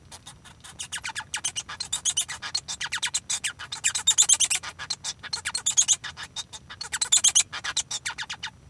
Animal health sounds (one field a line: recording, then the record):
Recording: song of a male Bengalese finch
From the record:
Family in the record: son of father 1